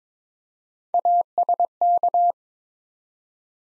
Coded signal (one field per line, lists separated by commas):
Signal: Morse code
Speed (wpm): 22 wpm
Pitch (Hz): 700 Hz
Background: none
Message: ASK